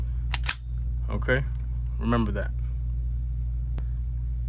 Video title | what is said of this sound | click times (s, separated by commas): Canik Mete SFT Overview | it's real loose you hit it and boom it locks into place | 0.3 s, 0.5 s